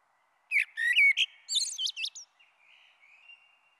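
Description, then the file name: Common blackbird song: a mellow whistled opening running into a chattering, high-pitched squeaky twitter, then a faint thin trailing note. "Merle Noir"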